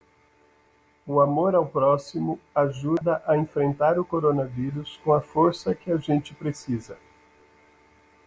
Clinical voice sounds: spoken sentence; Brazilian Portuguese; male; 50 to 59 years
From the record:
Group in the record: control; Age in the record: 53 years

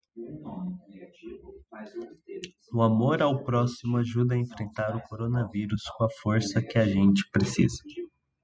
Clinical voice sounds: spoken sentence; Brazilian Portuguese; male; 20 to 29 years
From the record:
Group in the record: control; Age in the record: 22 years

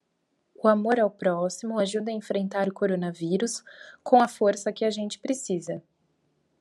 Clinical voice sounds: spoken sentence; Brazilian Portuguese; female; 20 to 29 years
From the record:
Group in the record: control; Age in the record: 27 years

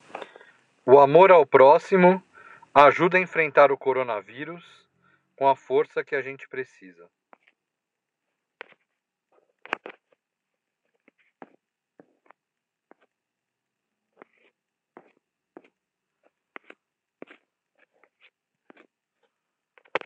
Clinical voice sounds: spoken sentence; Brazilian Portuguese; male; 40 to 49 years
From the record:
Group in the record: control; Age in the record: 47 years

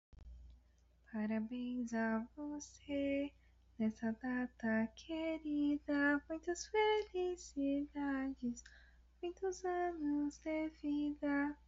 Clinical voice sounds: short text; Brazilian Portuguese; female; 20 to 29 years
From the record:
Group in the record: control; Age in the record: 22 years

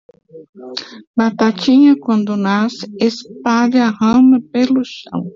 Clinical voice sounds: short text; Brazilian Portuguese; female; 60 to 69 years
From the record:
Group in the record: control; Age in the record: 64 years

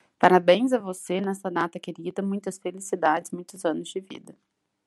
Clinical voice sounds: short text; Brazilian Portuguese; female; 30 to 39 years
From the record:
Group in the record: control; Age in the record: 34 years

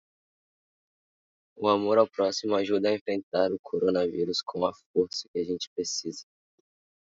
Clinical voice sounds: spoken sentence; Brazilian Portuguese; male; 20 to 29 years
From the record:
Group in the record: control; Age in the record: 21 years

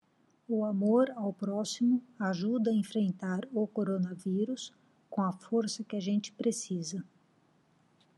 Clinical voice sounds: spoken sentence; Brazilian Portuguese; female; 50 to 59 years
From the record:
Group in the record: control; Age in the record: 56 years

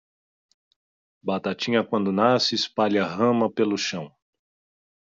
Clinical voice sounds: short text; Brazilian Portuguese; male; 40 to 49 years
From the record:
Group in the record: control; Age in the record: 43 years

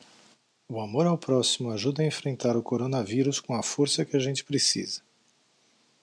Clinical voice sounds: spoken sentence; Brazilian Portuguese; male; 50 to 59 years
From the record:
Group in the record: control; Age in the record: 56 years

